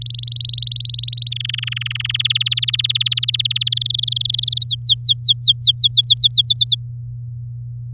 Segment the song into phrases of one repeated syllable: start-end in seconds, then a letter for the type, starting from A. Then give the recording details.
0.02-1.29 A, 1.32-2.12 B, 2.14-3.69 C, 3.71-4.63 D, 4.64-6.42 E, 6.45-6.75 F. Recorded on 9 May 2018 at 10:46. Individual llb16